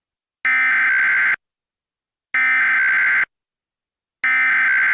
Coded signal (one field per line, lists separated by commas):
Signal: Emergency Alert System (SAME) tones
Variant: header bursts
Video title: THANK YOU FOR 100 SUBSCRIBERS!!!! (EAS Mini Video)